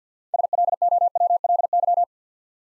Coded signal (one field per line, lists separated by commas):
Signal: Morse code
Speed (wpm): 47 wpm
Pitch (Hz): 700 Hz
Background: none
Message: SLOWLY